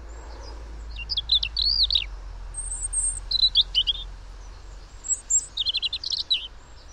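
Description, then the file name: European robin song in three short phrases, each a quick jumble of high, twisting whistled notes, with fainter high notes between them, over a low hum. "Erithacus rubecula"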